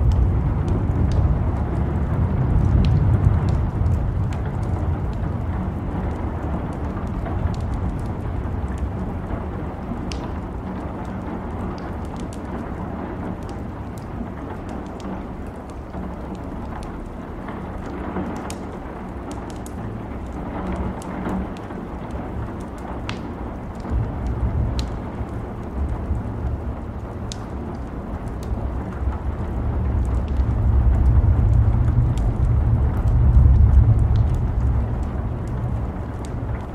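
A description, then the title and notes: Rain falls steadily throughout, a dense hiss with scattered sharp drips and ticks. A deep rolling rumble swells at the start, eases through the middle, and builds again strongly around thirty seconds, like thunder rolling on. Rain & Thunderstorm Sounds.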